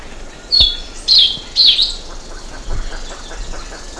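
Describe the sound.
Bird calls: three loud, harsh squawks in quick succession within the first two seconds, then softer scattered calls behind.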